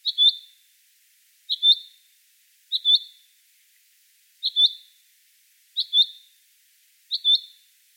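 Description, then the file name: Common chaffinch giving six sharp, clipped double notes at a high pitch, in otherwise quiet surroundings. "Fringilla coelebs"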